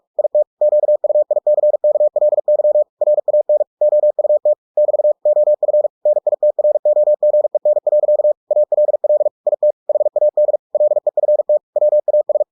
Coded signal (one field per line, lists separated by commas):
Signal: Morse code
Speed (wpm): 46 wpm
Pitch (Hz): 600 Hz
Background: none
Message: IT QUICKLY RAN OUT <BT> OF NITROGEN. ALL IT HAD LEFT WAS